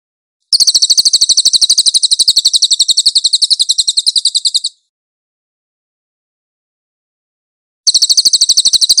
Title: MASTER SUARA BURUNG CILILIN